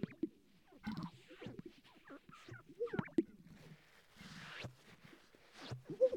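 Sage-grouse display sounds: scattered coos and clicks, with a popping display near three seconds and another at the very end.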